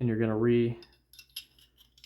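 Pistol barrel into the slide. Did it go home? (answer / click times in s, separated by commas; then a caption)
yes / 1.4 s. Someone talks briefly, then a pistol barrel is put back into the upper slide during reassembly after oiling, with small metallic taps and handling noises. The barrel clicks into place in the slide at 1.4 seconds.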